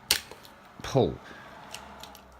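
A plastic part of a Transformers G1 Megatron figure, clicked firmly into its locked position, is grabbed and pulled free while the figure is transformed back. A sharp, loud click at 0.1 s marks the part coming out of its lock, releasing it, followed by fainter ticks. Someone then talks briefly.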